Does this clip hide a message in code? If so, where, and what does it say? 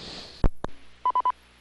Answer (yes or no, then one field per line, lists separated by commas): no